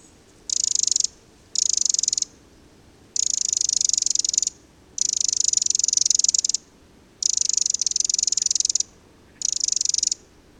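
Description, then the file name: Eurasian wren producing six sharp, high ticking rattles of varying length, coming in quick succession with short silences between. "Eurasian Wren (Troglodytes troglodytes)"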